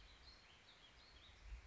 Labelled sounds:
Warbling Vireo (Vireo gilvus)

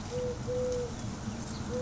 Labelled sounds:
Eurasian Collared Dove (Streptopelia decaocto)

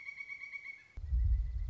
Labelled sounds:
Pileated Woodpecker (Dryocopus pileatus)

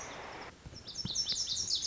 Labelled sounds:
Lazuli Bunting (Passerina amoena)

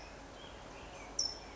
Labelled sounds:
California Towhee (Melozone crissalis)

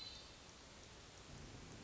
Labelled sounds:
Hermit Thrush (Catharus guttatus)

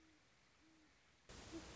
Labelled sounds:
Great Horned Owl (Bubo virginianus)

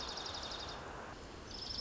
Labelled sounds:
Dark-eyed Junco (Junco hyemalis)

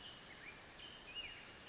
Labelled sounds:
Brown Creeper (Certhia americana)

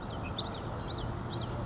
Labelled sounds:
Common Yellowthroat (Geothlypis trichas)

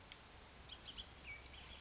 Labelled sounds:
Bullock's Oriole (Icterus bullockii)

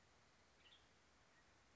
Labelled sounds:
Western Tanager (Piranga ludoviciana)

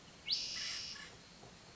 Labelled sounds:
Spotted Towhee (Pipilo maculatus)

